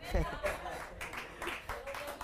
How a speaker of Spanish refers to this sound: Pocos amenes. Si no dice amén, aplauda.